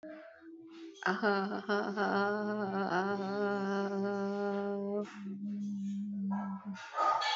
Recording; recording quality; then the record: sustained vowel as in made; moderate, slight background noise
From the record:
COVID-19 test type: RT-PCR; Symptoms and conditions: cough, cold, breathing difficulty, sore throat, fever, fatigue, muscle pain, loss of smell and taste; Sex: female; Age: 22 years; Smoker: no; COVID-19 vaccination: both doses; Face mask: not worn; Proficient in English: yes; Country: India